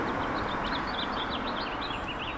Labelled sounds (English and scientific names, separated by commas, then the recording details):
House Finch (Haemorhous mexicanus) song
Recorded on Long Island, New York, on 8 April 2011
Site BN
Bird C